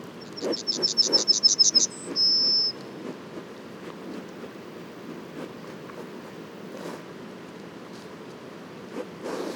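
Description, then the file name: Yellowhammer song: a quick run of high repeated notes, a brief high note and a long level closing note, followed by quiet background with faint clicks. Several Yellowhammers at Les Alisiers on 21 July 2020. "200721-11-bruants-jaunes-Les-Alisiers"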